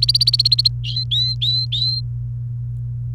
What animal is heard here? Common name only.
Domestic Canary